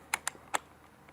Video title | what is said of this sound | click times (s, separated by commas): Ryobi PVC Pex Cutter Tool VS Milwaukee PVC Shear: Which is Better? Plumbers Tools 2470-21 P593 | Yeah, there you go, see? Just snaps right back into place. | 0.1 s